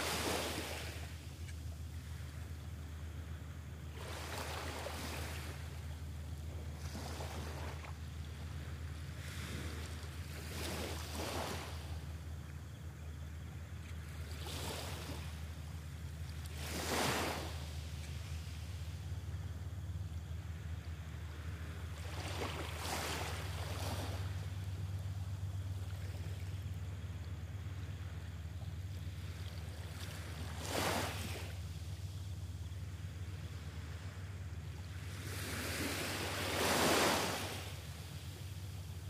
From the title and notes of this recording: South Bay Beach HK, 4am. Tiny ocean waves lapping on the shore.